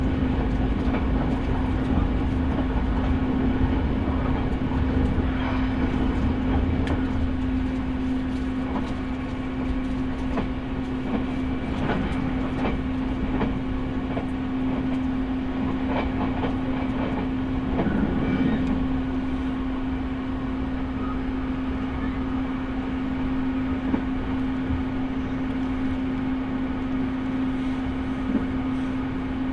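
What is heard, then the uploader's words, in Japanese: A train journey heard as a steady, heavy rumble with a constant low hum running underneath the whole time. Faint clicks and knocks from the wheels come through now and then, a little busier around the middle, while the overall loudness stays even throughout. 耳で楽しむ鉄道旅 日豊本線特急ソニック6号 柳ヶ浦→小倉。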